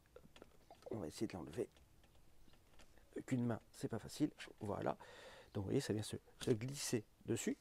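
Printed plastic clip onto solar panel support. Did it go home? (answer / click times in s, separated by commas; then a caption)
yes / 0.4 s. A 3D-printed plastic securing clip is pushed onto a solar panel's metal support leg and snaps into place with a short click at 0.4 s. Someone talks throughout the rest of the clip.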